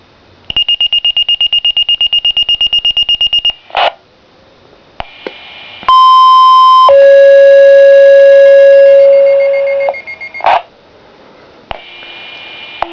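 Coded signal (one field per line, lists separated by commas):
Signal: two-tone page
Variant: Motorola Minitor V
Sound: about 3 seconds of fast high beeps, then a one-second tone and a lower longer tone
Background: radio static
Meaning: Tone-out dispatching fire companies 160, 80 and 90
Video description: 8/26/08, Companies 160, 80, and 90 were toned out for an automatic fire alarm at the elementary school. After my pager alerts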